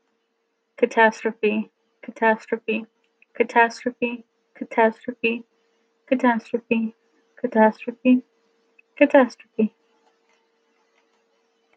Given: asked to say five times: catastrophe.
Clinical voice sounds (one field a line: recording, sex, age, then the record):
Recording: repeated word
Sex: female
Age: 20 to 29 years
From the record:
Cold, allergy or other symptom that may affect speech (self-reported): no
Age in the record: 27 years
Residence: California, United States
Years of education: 16